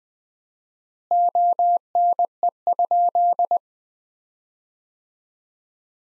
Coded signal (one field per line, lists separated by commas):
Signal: Morse code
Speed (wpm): 20 wpm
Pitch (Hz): 700 Hz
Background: none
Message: ONE?